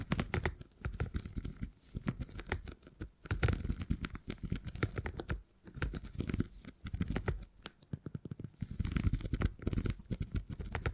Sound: Brain Tingly Sounds Using Beeswax